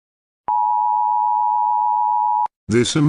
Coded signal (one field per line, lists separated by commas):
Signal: Emergency Alert System (SAME) tones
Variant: 853 and 960 Hz attention tone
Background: speech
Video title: EVO-12 (An EAS Scenario)